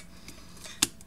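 A MacBook Pro 13 laptop's battery cable connector is pressed back onto its socket on the logic board. After faint taps near 0.3 s and 1.0 s, a sharp, short click comes at 0.8 s as the connector pops into place and seats.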